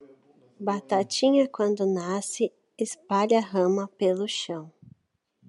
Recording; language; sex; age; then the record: short text; Brazilian Portuguese; female; 30 to 39 years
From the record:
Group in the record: control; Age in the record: 33 years